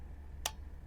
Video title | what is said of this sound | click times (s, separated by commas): Unboxing Kulakan dan Unboxing & Test Vacuum Cleaner buat kasur merek Jimmy 2 JUTAAN | sampai klik. Ternyata sudah | 0.5 s